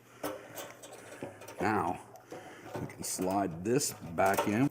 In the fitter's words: going to get it up here push it all the way in listen for that click